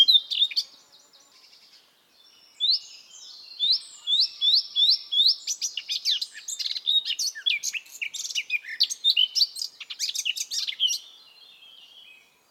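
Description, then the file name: Eurasian blackcap singing: a brief chatter, a pause, then a fast run of repeated rising notes flowing into a varied, rapid warble before fading. "Sylvia atricapilla"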